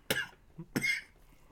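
Two sharp, harsh coughs from an adult, about two-thirds of a second apart, each a loud burst that fades quickly into room quiet. This is an ordinary reflex cough, clearing the airway after something went down the wrong way.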